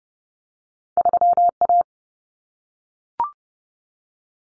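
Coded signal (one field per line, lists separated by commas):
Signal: Morse code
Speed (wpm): 30 wpm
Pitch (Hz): 700 Hz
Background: none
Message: 3A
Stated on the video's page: Head-copy drill of two-digit cut numbers (T, A, N for 0, 1, 9) at 30 wpm, sent, spoken, then sent again.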